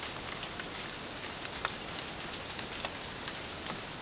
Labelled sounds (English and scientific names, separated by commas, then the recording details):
none
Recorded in dense forest near Puerto Asís, Putumayo, Colombia, on 27 June 2025 at 08:00
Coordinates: 0.484, -76.317
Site G045